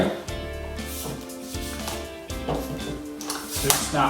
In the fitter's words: it's snapping on. You hear that?